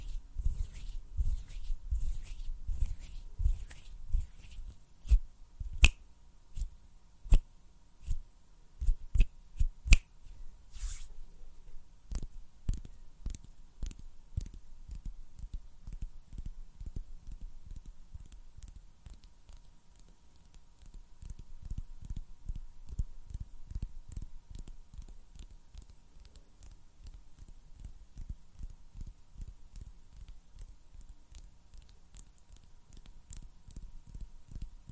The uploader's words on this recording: ASMR HAND SOUNDS AND SNAPPING - NO TALKING.